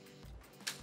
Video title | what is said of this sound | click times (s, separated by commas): May the 4th Lego X-Wing Build | Oh, it does lock into place. | 0.7 s